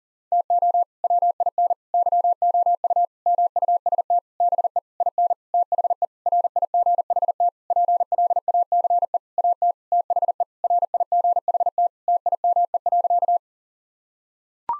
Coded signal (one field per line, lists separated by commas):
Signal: Morse code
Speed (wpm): 37 wpm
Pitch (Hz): 700 Hz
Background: none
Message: TO WIN YOU MUST BE IN THE RIGHT PLACE AT THE RIGHT TIME.